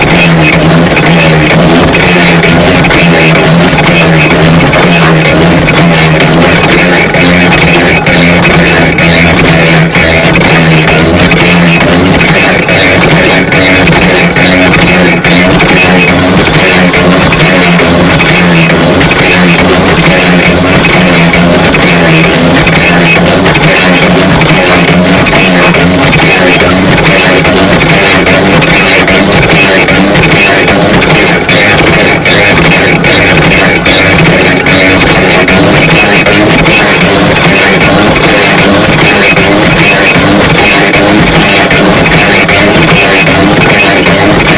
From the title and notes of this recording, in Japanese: 稲こぎ二〇一八。足踏み脱穀機による稲の脱穀音。